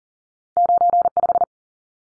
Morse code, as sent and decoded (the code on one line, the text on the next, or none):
----. .....
95